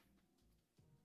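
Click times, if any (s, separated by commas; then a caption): none. A desktop memory module is being handled over a motherboard DIMM slot, pushed down on both ends toward the retention clips. Low hum and faint background sound carry through, with a small bump near 0.8 s. Nothing has seated or clicked yet.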